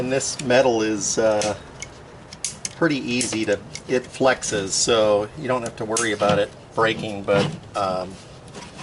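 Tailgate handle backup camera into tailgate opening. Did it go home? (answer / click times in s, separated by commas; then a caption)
no / none. A tailgate handle and backup camera assembly for a Chevy Silverado is handled at the opening in the metal tailgate while someone talks. A few short, sharp metallic taps are heard between about 1.8 and 2.7 seconds. Nothing has seated or clicked into place yet.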